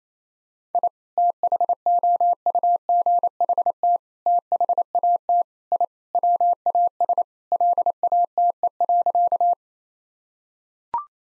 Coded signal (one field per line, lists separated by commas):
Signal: Morse code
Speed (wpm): 28 wpm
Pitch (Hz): 700 Hz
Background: none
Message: I THOUGHT THAT I WAS LATE.